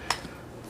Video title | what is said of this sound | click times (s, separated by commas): Fantastic Cheap Fragrance - Azzaro Ginger Lover - Fragrance Review | standard plastic cap does click into place | 0.1 s